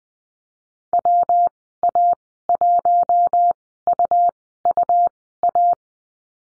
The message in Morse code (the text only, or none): WA1UUA